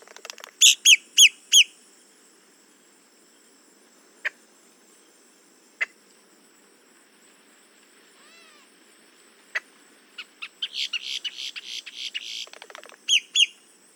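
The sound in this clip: Boat-tailed grackle song: four loud clipped notes at the start, a few scattered sharp clicks, then a noisy rattling series followed by two more clipped notes; steady high hiss behind.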